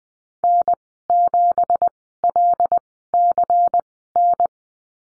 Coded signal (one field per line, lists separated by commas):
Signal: Morse code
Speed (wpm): 20 wpm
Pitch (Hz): 700 Hz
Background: none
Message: N7LCN